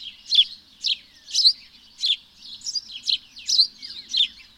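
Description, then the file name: House sparrow giving a quick series of chirps over faint low background noise. "Passer domesticus"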